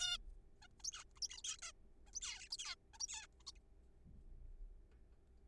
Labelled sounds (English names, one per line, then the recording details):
Zebra Finch
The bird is a juvenile
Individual R3428